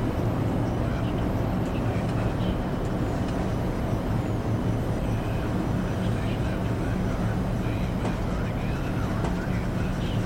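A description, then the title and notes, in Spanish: Inside a space shuttle cabin, a steady low rumble and hum fill all ten seconds, with faint chirps and murmuring voices above it. Ambiente de Cabina de Transbordador para un Sueño Profundo. A bordo de un transbordador espacial de la NASA. Experimentarás los delicados zumbidos y suaves pitidos del transbordador.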